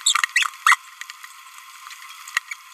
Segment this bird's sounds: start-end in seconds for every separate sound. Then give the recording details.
0.36-0.49, 0.67-0.76. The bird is a male. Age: 27 days. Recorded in a nest box in Venezuela. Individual 17B31A2